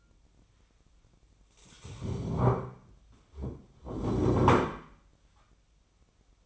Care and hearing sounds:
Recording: daily activity, microphone in the room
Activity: stand up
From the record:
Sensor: 1

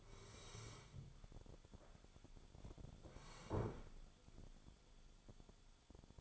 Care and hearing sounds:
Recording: daily activity, microphone in the room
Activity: sit down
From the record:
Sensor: 5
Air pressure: 1015.3 hPa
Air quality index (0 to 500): 180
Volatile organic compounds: 7 ppm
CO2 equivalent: 1953 ppm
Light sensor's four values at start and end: 36/82/33/32 and 36/82/33/32

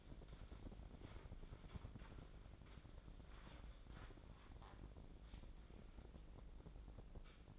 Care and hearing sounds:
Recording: daily activity, microphone in the room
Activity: wipe stove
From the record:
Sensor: 5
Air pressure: 1012.4 hPa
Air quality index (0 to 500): 154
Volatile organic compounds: 2 ppm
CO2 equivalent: 1056 ppm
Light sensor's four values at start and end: 190/453/195/226 and 188/448/192/220

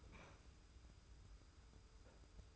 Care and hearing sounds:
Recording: daily activity, microphone in the room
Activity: open fridge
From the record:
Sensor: 2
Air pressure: 990.9 hPa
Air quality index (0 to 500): 126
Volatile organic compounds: 110 ppm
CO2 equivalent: 3820 ppm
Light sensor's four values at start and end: 23/56/22/22 and 23/56/22/22

